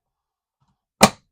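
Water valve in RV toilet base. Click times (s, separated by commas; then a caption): 1.0 s. A new plastic water valve is pushed into the base of a Dometic 300 Series RV toilet and clicks into place. Faint low shuffling is followed by a single sharp, bright click at 1.0 seconds, which quickly fades. The valve is seated.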